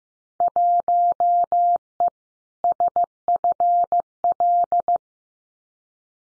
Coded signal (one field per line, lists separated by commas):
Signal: Morse code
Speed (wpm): 15 wpm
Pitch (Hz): 700 Hz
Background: none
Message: 1E SFL